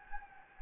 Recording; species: mosquito wingbeat signal from an infrared sensor; Anopheles gambiae